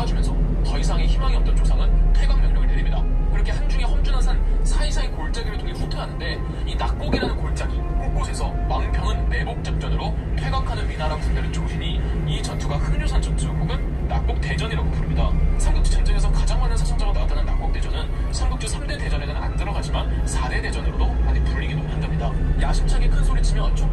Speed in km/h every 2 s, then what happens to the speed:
24, 21, 18, 10, 11, 14, 18, 22, 19, 17, 20, 24.
0-7 slows to 10. 7-14 speeds up to 22. 14-19 steady at about 19. 19-24 speeds up to 24.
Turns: none.